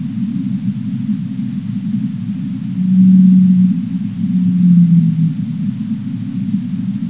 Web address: walvisstrandingen. bluewhale